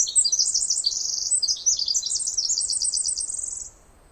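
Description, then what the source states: Pacific wren in full song: dense, high-pitched tinkling trills tumbling rapidly before ending. Snider Jackson/Rugged Ridge trail, May 11-13 2018, morning after dawn chorus; bird sang about 20 minutes in trees above microphone, then flew down closer; very loud, unmastered recording.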